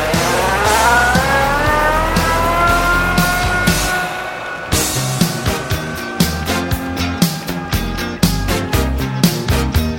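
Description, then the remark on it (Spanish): A car is started and its engine roars and climbs steadily in pitch as it accelerates away, then gives way to a loud, regular pattern of sharp rhythmic thumps. “Voy a poner en marcha el coche.”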